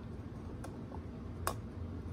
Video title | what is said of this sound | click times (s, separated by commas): Romanian Red army standard 75 round ak47 DRUM mag review and shooting! | Hear your click. | 1.5 s